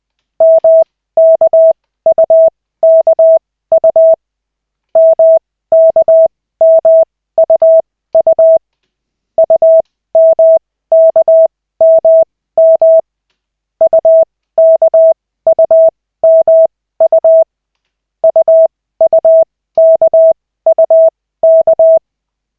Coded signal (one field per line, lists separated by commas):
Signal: Morse code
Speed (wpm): 20 wpm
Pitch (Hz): 650 Hz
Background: none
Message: MKUKU MKMUU UMKMM UKUMU UUKUK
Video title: Koch 2/40, 11.12.2024, 4th CW practice session